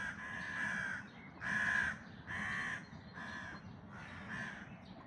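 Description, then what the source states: Bird calling with rough, nasal caws, five in a row, the last ones softer, with low background rumble throughout. Recorded during a dawn chorus in May 2026.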